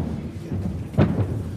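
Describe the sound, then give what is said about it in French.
A door of a main staircase shuts with a single solid thud, followed a moment later by a softer knock as it settles, over a low, steady background rumble. “Ah, on vient de fermer la porte du grand escalier.”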